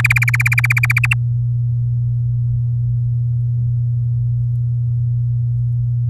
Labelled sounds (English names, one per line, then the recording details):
Domestic Canary song
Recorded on 8 May 2018 at 14:28
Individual llb16